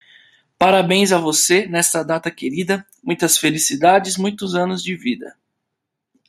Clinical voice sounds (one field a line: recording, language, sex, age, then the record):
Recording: short text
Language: Brazilian Portuguese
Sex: male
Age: 30 to 39 years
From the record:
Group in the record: control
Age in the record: 30 years